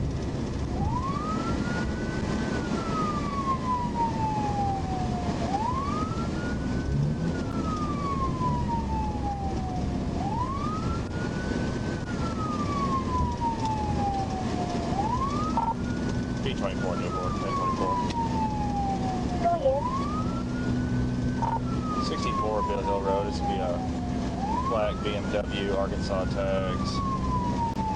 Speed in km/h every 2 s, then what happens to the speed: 132, 127, 124, 124, 126, 124, 121, 121, 121, 121, 122, 122, 124, 126.
0-12 slows to 121. 12-28 steady at about 121.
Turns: none.